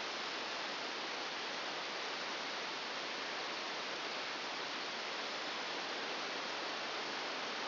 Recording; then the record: brain microelectrode recording played as sound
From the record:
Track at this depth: inside the subthalamic nucleus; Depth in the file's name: 4.208 mm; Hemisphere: right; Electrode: 2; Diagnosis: Parkinson's disease